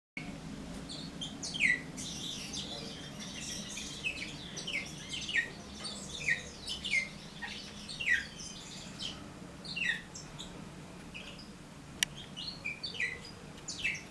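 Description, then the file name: Bourke's parrot song: soft chirps and short twittering notes with sharp downward-sliding whistles repeated often, over a steady low hum and one sharp click. "poet travyanoi rozovobryuxii popugai"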